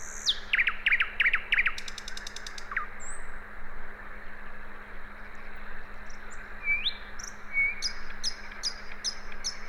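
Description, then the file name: Common nightingale giving a quick run of four or five rich repeated notes early on, then thin whistles and a closing series of sharp high ticks, with a low hum throughout. "Luscinia megarhynchos"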